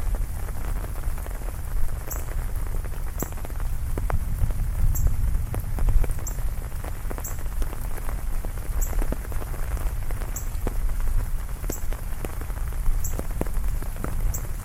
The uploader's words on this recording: Thunderstorm in the City Ambient ASMR. The rain is falling down heavily and the thunder is echoing in the background.